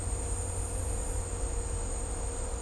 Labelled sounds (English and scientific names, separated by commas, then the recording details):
none
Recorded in dense forest near Puerto Asís, Putumayo, Colombia, on 16 December 2024 at 12:00
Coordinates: 0.503, -76.323
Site G043